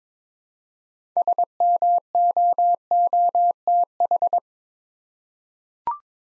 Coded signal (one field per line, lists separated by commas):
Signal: Morse code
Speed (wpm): 22 wpm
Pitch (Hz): 700 Hz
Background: none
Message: SMOOTH